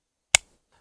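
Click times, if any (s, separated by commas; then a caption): 0.4 s. A Teren Blade "JAGUAR" fixed-blade knife, made in Ukraine, is pushed into its Kydex sheath; it slides in freely, then needs a little extra pressure. It snaps home with a single sharp click at 0.4 s, followed by a brief fade and near silence. The knife is seated and held very securely in the sheath.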